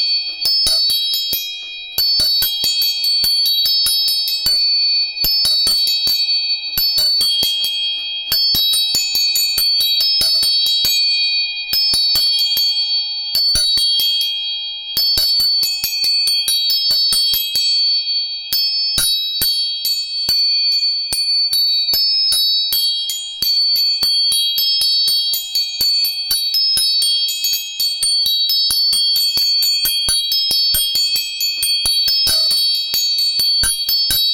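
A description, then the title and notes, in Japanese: Tuning forks ring with steady, bright, high tones that hold throughout, over dense rapid ticking and tapping. For the first fifteen seconds the sound comes in bursts separated by short gaps, then it runs continuously. A faint lower tone hums underneath. 音叉チューニング全体性。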